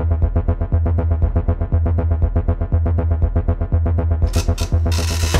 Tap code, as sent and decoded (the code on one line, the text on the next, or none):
none